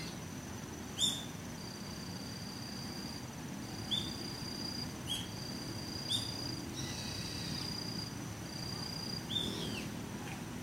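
Birds call among wind-stirred trees. Short, sharp chirps ring out about every second or two, and long, thin, high whistles are held between them. Beneath the birds, a steady low rush of wind runs through the whole recording.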